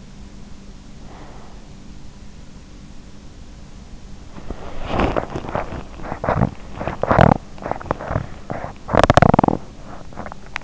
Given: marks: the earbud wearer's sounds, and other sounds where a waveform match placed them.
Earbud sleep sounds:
sounds in sleep by an in-ear microphone; breath, teeth grinding
0.70-1.73 s: breath
4.18-10.64 s: teeth grinding

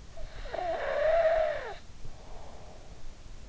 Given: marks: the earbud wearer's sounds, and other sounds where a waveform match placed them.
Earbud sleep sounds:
sounds in sleep by an in-ear microphone; breath
0.16-3.07 s: breath

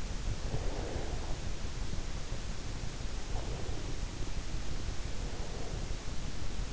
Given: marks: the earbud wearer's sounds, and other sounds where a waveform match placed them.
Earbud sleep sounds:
sounds in sleep by an in-ear microphone; breath
0.40-1.85 s: breath

